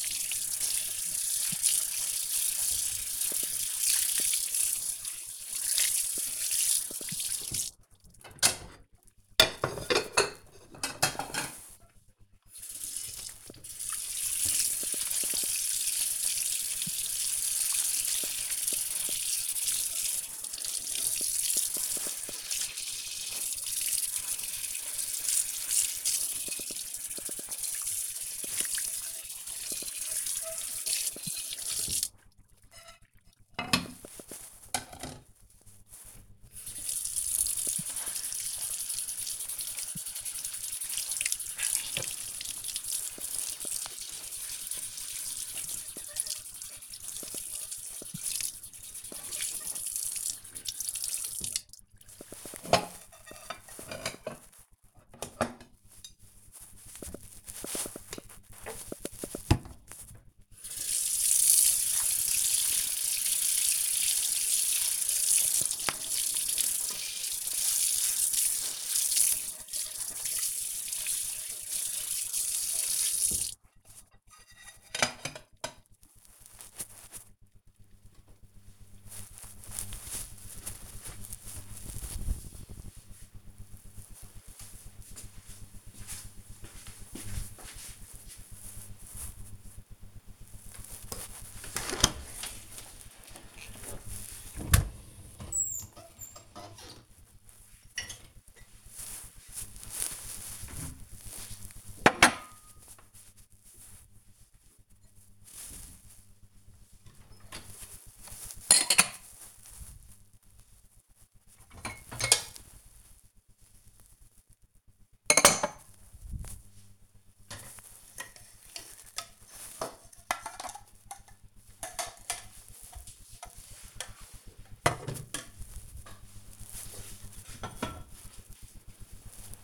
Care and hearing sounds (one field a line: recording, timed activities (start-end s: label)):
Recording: household activities, microphone on the right wrist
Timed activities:
0.00-77.64 s: washing dishes
90.73-129.63 s: cleaning out the dishwasher